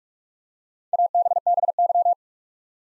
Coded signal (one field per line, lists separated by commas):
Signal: Morse code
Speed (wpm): 42 wpm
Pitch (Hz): 700 Hz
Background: none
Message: ABBY